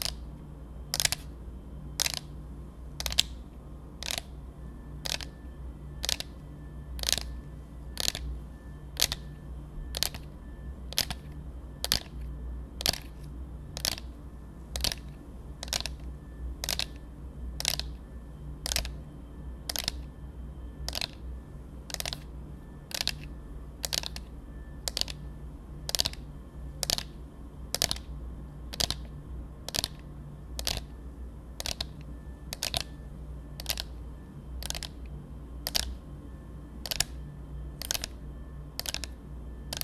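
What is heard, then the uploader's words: Tapping on dark objects, a sharp, bright click repeating at a steady, even pace, roughly one per second, for the whole span. Each tap is short and crisp. A low, constant hum sits underneath throughout. ASMR TAPPING on Dark things 黒いものにタッピング.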